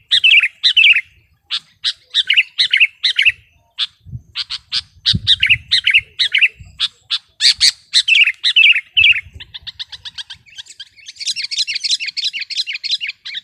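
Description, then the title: Sooty-headed bulbul song: lively, uneven series of bubbly chirping phrases, ending in faster chattering notes, with occasional dull low thumps underneath. "kutilang"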